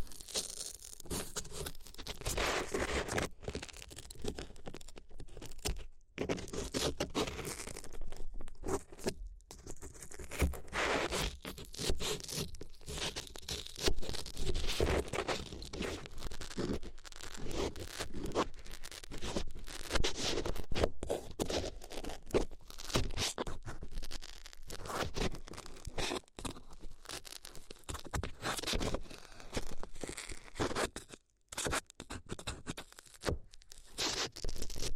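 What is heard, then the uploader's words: Paper being crinkled, rubbed and torn in an ASMR session, with dense, continuous scraping and rustling that fills the whole 35 seconds. The texture is bright and crackly, broken by brief dips and short gaps, including a near-silence just after 30 seconds. ASMR If You Had Paper Ears (No Talking).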